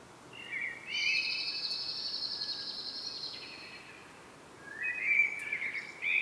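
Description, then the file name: Common blackbird singing a fluted phrase drawn out into a long high thin twitter, then after a pause starting another low warbled phrase. "Turdus merula"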